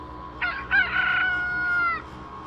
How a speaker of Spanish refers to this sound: El cielo estaba nublado y en algún lugar lejano, un gallo tempranero lanzó su canto.